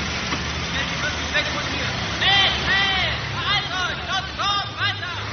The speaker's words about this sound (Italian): Sopraggiungono alcuni camion carichi di soldati tedeschi.